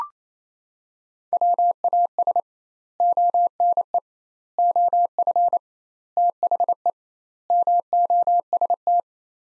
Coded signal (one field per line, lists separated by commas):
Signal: Morse code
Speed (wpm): 27 wpm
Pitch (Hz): 700 Hz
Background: none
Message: WAS ONE OF THE MOST